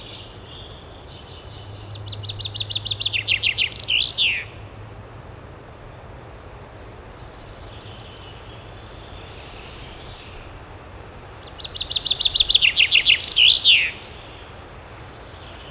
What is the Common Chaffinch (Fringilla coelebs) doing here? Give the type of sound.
song